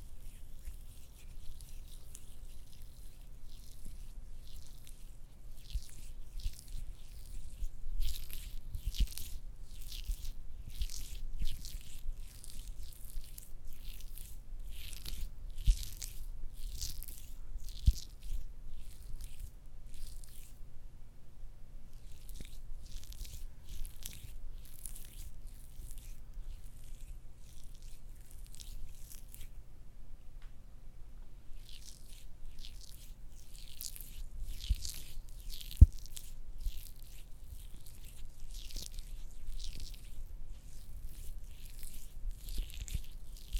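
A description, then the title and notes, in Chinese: Lotion being squeezed, with repeated soft, wet squishing bursts that cluster and pause, leaving quiet gaps around 21 and 30 seconds. The squelches are bright and crackly over a steady low rumble, with one sharp click near 36 seconds. 乳液擠壓。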